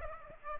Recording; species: mosquito wingbeat signal from an infrared sensor; Aedes aegypti